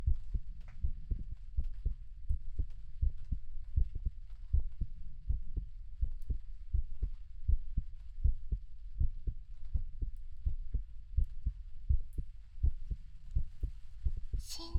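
An adult woman's heartbeat heard through a close microphone at about 82 beats per minute, with faint rain in the background. Normal heartbeat.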